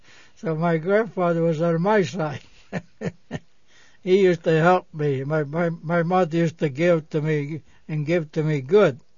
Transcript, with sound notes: So my grandfather was on my side. ( he laughs heartily ) He used to help me and my mother used to give to me and give to me good.